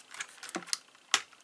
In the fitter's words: boom locks in bring this down over here